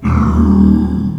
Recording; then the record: squeal of a Yucatan mini pig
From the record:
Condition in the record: after surgery on the right vocal fold (resection and tissue-engineered implant); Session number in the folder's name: 17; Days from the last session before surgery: 195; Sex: female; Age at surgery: 19 weeks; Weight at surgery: 25 kg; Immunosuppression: prednisolone